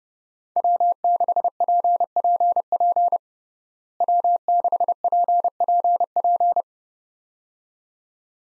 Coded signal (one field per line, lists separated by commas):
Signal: Morse code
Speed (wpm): 32 wpm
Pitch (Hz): 700 Hz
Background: none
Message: W6PPP W6PPP